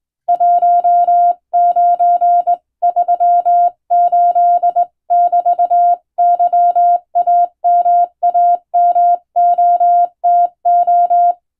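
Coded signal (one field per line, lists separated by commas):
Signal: Morse code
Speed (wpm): 20 wpm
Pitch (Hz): 700 Hz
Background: none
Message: 1938<BT>YAMAMOTO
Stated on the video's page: Hand-keyed Morse sent on a straight key by a first-class radiotelegraph operator for receiving practice, using a telegram sending practice book; recreates ship-to-shore coast station traffic.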